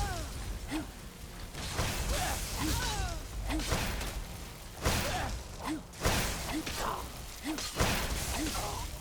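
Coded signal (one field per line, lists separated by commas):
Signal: none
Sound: game sound effect beeps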